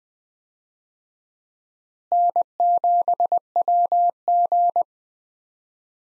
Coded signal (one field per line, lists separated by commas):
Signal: Morse code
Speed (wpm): 21 wpm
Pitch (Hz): 700 Hz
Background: none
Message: N7WG